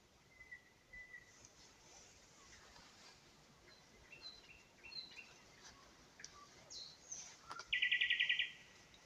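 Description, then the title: Nightingale song: scattered high whistled notes and short phrases, ending in a loud, rapid buzzy rattle of repeated notes. Singing in spring on an unnamed road in Huncha, Vinnytsia Oblast, Ukraine. "Unnamed Road, Гунча, Вінницька область, Україна, 23724-Spring, nightingale singing"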